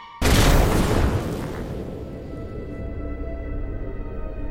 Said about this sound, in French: En un instant, elle meurt déchiquetée par la violente explosion.